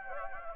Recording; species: mosquito wingbeat signal from an infrared sensor; Anopheles gambiae